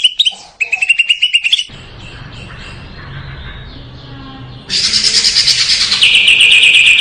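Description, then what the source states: Leafbird singing: quick repeated chirps at first, a quieter gap of about three seconds, then a loud, sustained high stream of song that runs to the end. Local name cucak ijo; singing gacor (lively); from a 2017 best-song recording.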